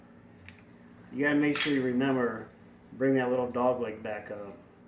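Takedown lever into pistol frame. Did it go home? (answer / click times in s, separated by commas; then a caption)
no / none. During reassembly of a Smith & Wesson M&P 9mm pistol, after the slide is put back on, the small metal takedown lever (the "dog leg") is handled and rotated back up toward its locked position in the pistol frame. A faint, brief metallic tick comes early, then someone talks over quiet background noise. The lever has not yet seated or clicked home by the end.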